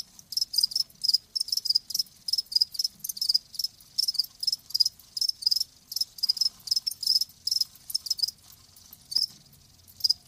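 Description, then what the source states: Cricket giving evenly spaced high chirps, several per second, pausing briefly near the end. Live crickets chirping, a lulling song.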